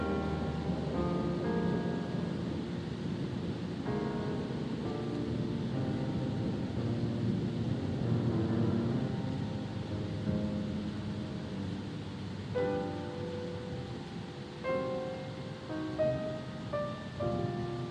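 A stormy sea rolls on as a steady low roar of waves and wind, dense and unbroken across the whole stretch. Soft, slow music floats above it, with sustained tones that shift every second or two and brighten near the end.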